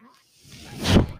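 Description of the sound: A home mechanical ventilator delivering a breath: after a brief quiet moment, a soft, low airflow whoosh rises steadily and swells to a peak near the end before easing off.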